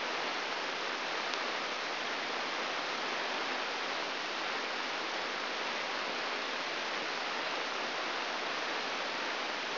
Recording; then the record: brain microelectrode recording played as sound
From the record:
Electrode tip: outside the subthalamic nucleus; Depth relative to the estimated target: 2 mm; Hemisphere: right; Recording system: AlphaMap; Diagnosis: Parkinson's disease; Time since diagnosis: 24 years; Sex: male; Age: 67 years